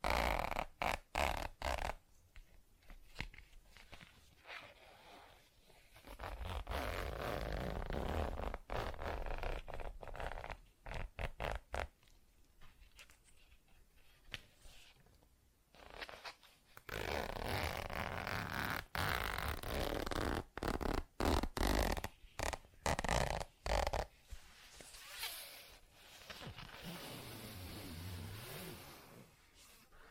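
Tapping, scratching and zipper sounds run through the whole half minute in dense, uneven bursts. Sharp ticks and brief dropouts to silence break up longer rasping stretches, with a low rubbing rumble underneath. Near the end the scratching turns smoother and more sustained.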